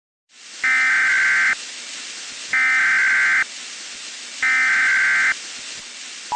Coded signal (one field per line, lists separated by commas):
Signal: Emergency Alert System (SAME) tones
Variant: header bursts